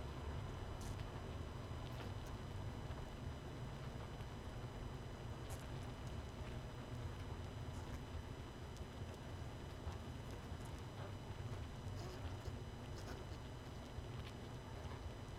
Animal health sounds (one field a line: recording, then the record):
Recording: honeybee colony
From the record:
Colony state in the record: missing queen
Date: 31 May 2018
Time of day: 20:57